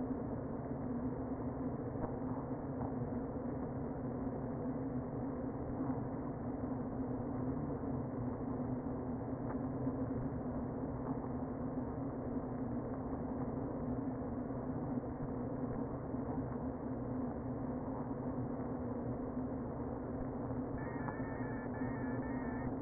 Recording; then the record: honeybee colony, microphone inside the hive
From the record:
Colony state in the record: queen present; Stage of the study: before two queens were removed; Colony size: about 60,000 bees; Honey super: yes